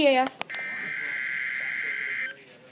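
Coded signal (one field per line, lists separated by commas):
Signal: Emergency Alert System (SAME) tones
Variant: header bursts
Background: speech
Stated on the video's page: Tornado watch alert on NOAA weather radio station KEC80.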